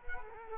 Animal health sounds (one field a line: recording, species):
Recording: mosquito wingbeat signal from an infrared sensor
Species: Culex quinquefasciatus